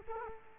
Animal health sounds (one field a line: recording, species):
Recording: mosquito wingbeat signal from an infrared sensor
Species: Culex quinquefasciatus